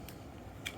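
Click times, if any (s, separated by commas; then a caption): 0.1 s, 0.7 s. The plastic locking clasp on a waterproof phone pouch is pressed closed and clicks shut. Two short clicks are heard at 0.1 s and 0.7 s, the second louder, and the clasp locks.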